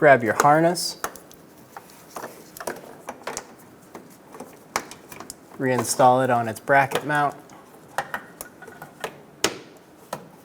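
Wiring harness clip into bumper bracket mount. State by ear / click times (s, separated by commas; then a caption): seated / 9.4 s. Someone talks while a 2014–2019 Toyota Highlander's fog light wiring harness clip is pushed back onto its plastic bracket mount on the bumper, with scattered light taps and clicks in between. A sharp, loud click at 9.4 s marks the harness clip snapping into place, seated on the bracket mount.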